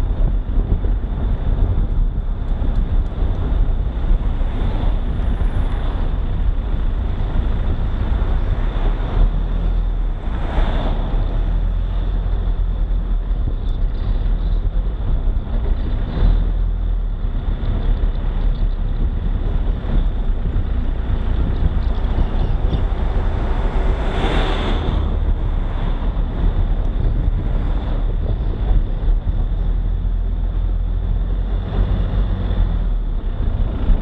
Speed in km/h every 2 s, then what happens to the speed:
28, 25, 21, 20, 21, 24, 24, 24, 24, 25, 23, 23, 23, 23, 24, 27, 25.
0-5 slows to 20. 5-34 steady at about 24.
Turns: none.